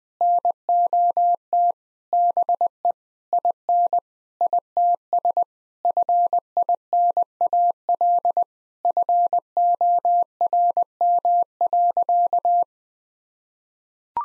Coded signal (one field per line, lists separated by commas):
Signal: Morse code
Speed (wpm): 21 wpm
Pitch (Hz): 700 Hz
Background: none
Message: NOT BE IN ITS FINAL FORM.